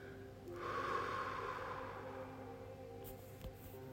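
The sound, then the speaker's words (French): A single slow, deep exhale after a held breath during a guided breathing exercise, a soft airy rush that starts abruptly, swells briefly, then gradually thins and fades over a few seconds. No one speaks. “Inspire. Bloque. Elle passe dans tout ton corps, là où tu en as besoin. Et souffle en suivant cette couleur.”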